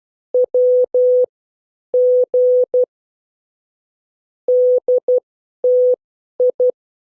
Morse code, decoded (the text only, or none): W G DTI